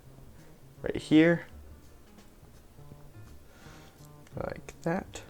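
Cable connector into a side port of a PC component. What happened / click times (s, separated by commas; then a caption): Cable connector handled, not yet seated / none. A cable's white plastic connector is handled near a port on the side of a PC component while someone talks. Only faint, brief handling ticks are heard around 4.1 s and 4.3 s. Nothing has seated or clicked yet.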